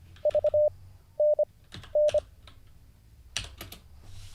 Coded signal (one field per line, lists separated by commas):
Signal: Morse code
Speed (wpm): 24 wpm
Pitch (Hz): 600 Hz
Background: none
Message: V N N